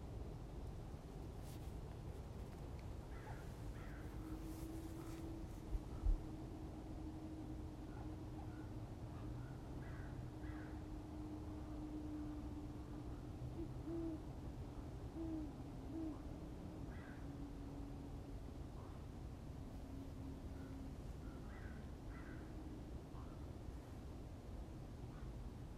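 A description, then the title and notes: A great horned owl hoots low and faintly behind scattered crow caws, over a constant low rumble and a long steady hum. Great Horned OWL Whoooing in background of Crows Cawing.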